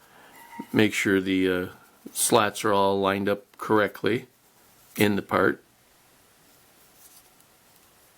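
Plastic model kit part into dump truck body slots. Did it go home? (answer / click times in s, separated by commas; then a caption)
no / none. Someone talks while handling a plastic model kit part, lining it up with the slots in an Autocar DC-9964B dump truck body. Nothing has seated or clicked yet, and the clip ends with low background noise and a faint tick at 7.4 s.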